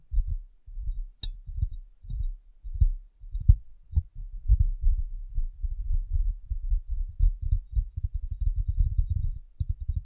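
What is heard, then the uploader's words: Soft, dull tapping and rubbing against glass, all low and muffled, like padded thumps. Bursts come in quick irregular clusters, sparse in the first four seconds, then nearly continuous after. A single sharp click lands just past one second. ASMR Glass Brain Tapping & Cleaning (No Talking).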